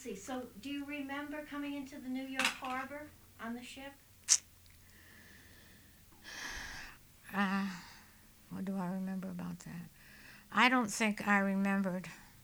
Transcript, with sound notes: So, do you remember coming into the New York Harbor on the ship?
(she sighs) What do I remember about that? I don't think I remembered